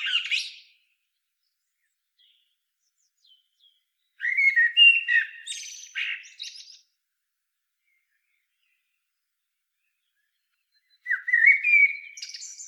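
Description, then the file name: Eurasian blackbird song: a brief phrase at the start, then a long mellow whistled phrase ending in a squeaky, high twitter, with another fluty phrase starting near the end. "Turdus merula"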